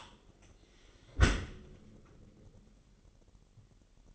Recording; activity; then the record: daily activity, microphone in the room; close dishwasher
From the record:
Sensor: 4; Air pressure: 999.2 hPa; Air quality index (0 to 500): 120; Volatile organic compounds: 2 ppm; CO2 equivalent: 1180 ppm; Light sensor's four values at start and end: 9/21/8/9 and 8/21/8/9